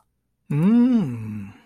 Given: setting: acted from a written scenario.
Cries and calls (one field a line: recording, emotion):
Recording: vocal sound without words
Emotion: desire